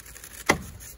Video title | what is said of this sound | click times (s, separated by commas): Fox Block ICF. Why we chose them and how they work IMHO. | it snaps in place and the whole system holds itself together without having to | 0.5 s